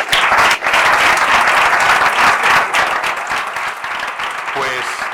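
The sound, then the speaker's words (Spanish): A loud, sustained burst of audience applause, dense overlapping claps forming a steady roar that holds for several seconds, with a faint voice emerging near the end, as a speaker from Adecco Group is sent off at a human resources forum in Andalusia in 2018. “que la vamos a despedir con un fuerte aplauso.”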